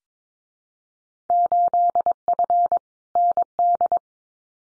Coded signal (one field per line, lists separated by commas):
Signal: Morse code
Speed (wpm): 22 wpm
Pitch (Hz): 700 Hz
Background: none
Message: 8F ND